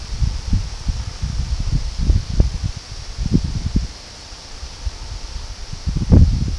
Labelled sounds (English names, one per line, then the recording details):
none
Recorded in pastures near Puerto Asís, Putumayo, Colombia, on 21 February 2024 at 14:00
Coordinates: 0.486, -76.323
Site G6462